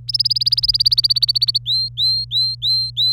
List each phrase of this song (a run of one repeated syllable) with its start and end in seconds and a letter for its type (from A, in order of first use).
0.08-1.58 A, 1.66-3.12 B